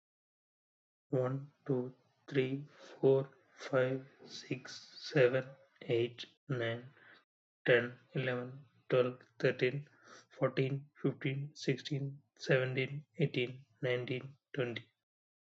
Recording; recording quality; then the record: counting at a normal pace; excellent, no background noise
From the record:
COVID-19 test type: RT-PCR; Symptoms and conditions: cough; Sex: male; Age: 31 years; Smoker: no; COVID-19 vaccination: both doses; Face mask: not worn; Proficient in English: yes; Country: India